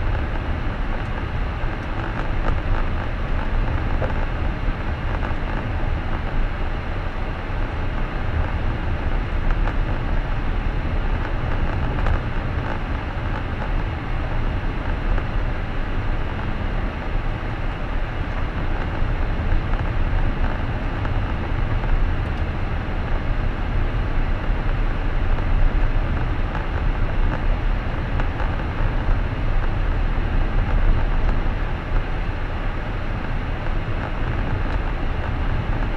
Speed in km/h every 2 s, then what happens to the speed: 38, 38, 39, 40, 40, 41, 41, 42, 44, 44, 44, 44, 44, 43, 43, 43, 43, 43.
0-36 steady at about 43.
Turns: none.